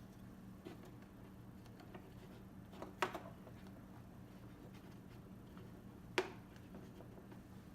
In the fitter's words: Just snaps into place.